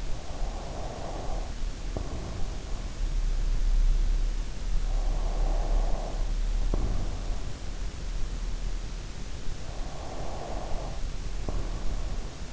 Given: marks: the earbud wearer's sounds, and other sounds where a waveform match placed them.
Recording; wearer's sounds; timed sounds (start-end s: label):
sounds in sleep by an in-ear microphone; breath
0.00-3.16 s: breath
4.75-7.79 s: breath
9.43-12.53 s: breath